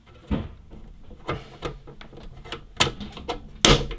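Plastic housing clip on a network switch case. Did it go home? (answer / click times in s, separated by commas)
released / 3.6 s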